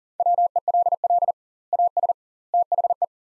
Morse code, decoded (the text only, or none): WELL AS THE